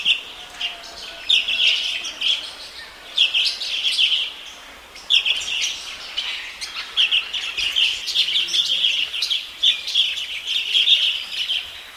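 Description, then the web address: Fischer's lovebird chatter, shrill twittering and squeaks in waves. "golosa ptic kak poyut popugai nerazlucniki agapornis. parrots agapornis-fischeri"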